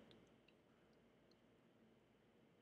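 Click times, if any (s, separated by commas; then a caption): none. A microSD card is pushed into the friction-fit card slot of a single-board computer. It slides in with only a faint tick near 0.1 s, which is not a latch click. Nothing has clicked into place, and that is by design, because the slot has no spring.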